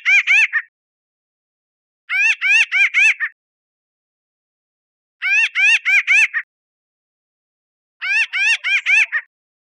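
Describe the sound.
Pinyon jay giving bursts of several nasal mewing notes, the bursts separated by pauses of about two seconds, nothing else heard.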